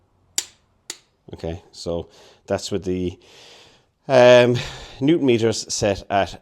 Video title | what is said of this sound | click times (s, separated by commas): Right hand drive bulkhead painted and engine sitting in. | So you'll hear the click. | 0.4 s